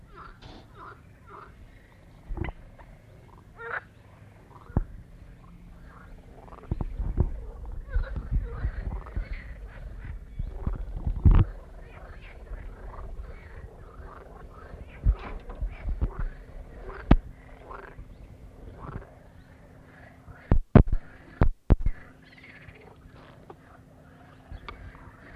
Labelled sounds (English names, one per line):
Marsh Frog call